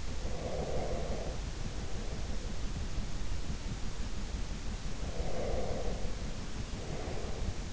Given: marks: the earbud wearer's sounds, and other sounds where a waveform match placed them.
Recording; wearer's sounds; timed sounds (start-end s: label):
sounds in sleep by an in-ear microphone; breath
0.33-2.99 s: breath
4.88-7.73 s: breath